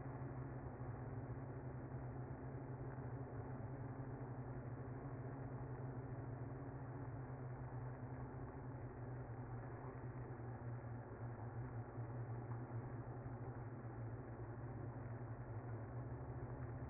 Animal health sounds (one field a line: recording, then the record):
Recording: honeybee colony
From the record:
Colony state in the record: active